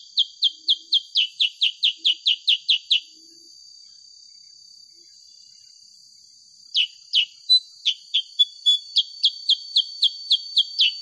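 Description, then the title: Sooty-headed bulbul chirping quick runs of bright, falling high notes, roughly four a second, broken by a silent gap of several seconds, with a shrill hum behind. Used to train songbirds and as a lure to prompt other birds to sing. "Masteran Kutilang Sutra. SUARA ASLI KUTILANG SUTRA COCOK UNTUK PANCINGAN"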